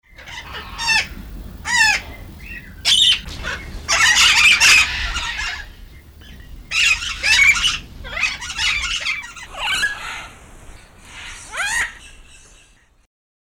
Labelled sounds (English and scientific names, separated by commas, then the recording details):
Red-and-green Macaw (Ara chloropterus)
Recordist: Tembrock, Günter
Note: Rufe einer Gruppe